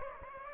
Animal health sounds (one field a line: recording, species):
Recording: mosquito wingbeat signal from an infrared sensor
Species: Aedes aegypti